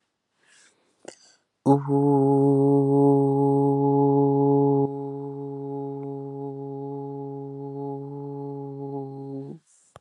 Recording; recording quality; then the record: sustained vowel as in boot; excellent, no background noise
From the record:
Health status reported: healthy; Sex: male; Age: 27 years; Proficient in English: yes